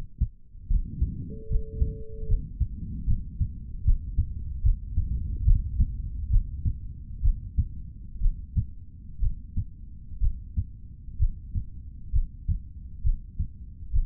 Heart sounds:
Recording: heart sounds by stethoscope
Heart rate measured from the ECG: 68 bpm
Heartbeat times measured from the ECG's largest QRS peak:
0.68 s: heartbeat
1.48 s: heartbeat
2.27 s: heartbeat
3.05 s: heartbeat
3.83 s: heartbeat
4.62 s: heartbeat
5.44 s: heartbeat
6.29 s: heartbeat
7.21 s: heartbeat
8.19 s: heartbeat
9.19 s: heartbeat
10.20 s: heartbeat
11.18 s: heartbeat
12.11 s: heartbeat
13.02 s: heartbeat
13.91 s: heartbeat
From the record:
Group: healthy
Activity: rest 0-2 s, breath hold 2-14 s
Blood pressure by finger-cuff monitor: 122/70 mmHg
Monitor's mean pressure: 89 mmHg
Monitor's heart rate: 71 bpm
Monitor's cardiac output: 4.1 L/min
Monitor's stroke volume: 57 mL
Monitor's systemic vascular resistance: 1590 dyn s/cm5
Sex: male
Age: 55 years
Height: 167 cm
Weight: 57.2 kg

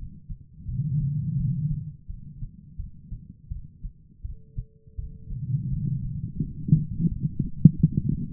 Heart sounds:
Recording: heart sounds by stethoscope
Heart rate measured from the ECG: 84 bpm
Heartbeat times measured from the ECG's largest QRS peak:
0.66 s: heartbeat
1.37 s: heartbeat
2.07 s: heartbeat
2.77 s: heartbeat
3.49 s: heartbeat
4.22 s: heartbeat
4.96 s: heartbeat
5.70 s: heartbeat
6.40 s: heartbeat
7.09 s: heartbeat
7.77 s: heartbeat
From the record:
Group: healthy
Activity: rest 0-6 s, light exercise 6-8 s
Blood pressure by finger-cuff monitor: 122/95 mmHg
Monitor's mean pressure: 107 mmHg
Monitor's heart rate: 84 bpm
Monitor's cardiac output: 5.1 L/min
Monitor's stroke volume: 60 mL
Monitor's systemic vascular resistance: 1560 dyn s/cm5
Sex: female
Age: 51 years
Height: 162 cm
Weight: 70.04 kg

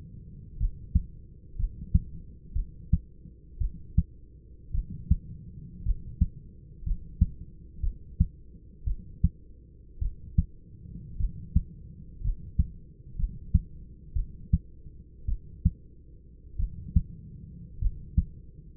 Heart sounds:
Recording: heart sounds by stethoscope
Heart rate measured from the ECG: 56 bpm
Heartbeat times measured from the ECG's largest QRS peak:
0.58 s: heartbeat
1.57 s: heartbeat
2.53 s: heartbeat
3.59 s: heartbeat
4.72 s: heartbeat
5.84 s: heartbeat
6.84 s: heartbeat
7.81 s: heartbeat
8.85 s: heartbeat
9.99 s: heartbeat
11.18 s: heartbeat
12.22 s: heartbeat
13.16 s: heartbeat
14.14 s: heartbeat
15.26 s: heartbeat
16.57 s: heartbeat
17.79 s: heartbeat
From the record:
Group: healthy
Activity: cold pressor test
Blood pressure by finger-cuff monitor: 132/57 mmHg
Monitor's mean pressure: 86 mmHg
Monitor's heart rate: 53 bpm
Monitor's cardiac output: 6.6 L/min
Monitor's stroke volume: 120 mL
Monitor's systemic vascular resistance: 890 dyn s/cm5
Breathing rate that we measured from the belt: 10 breaths a minute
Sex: male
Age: 25 years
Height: 170 cm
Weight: 70.4 kg

